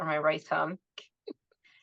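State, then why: Released. A locking plastic sheath is pushed off a kitchen knife with a thumb and pulled off, and a sharp click is heard at 0.9 s as the lock releases. Someone talks just before, and a few faint, brief sounds follow the click.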